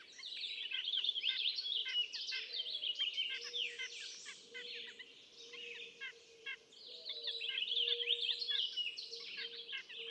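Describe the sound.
White-breasted nuthatch giving repeated short nasal notes throughout, set against a thick chorus of other high warbling birdsong and a low steady hum.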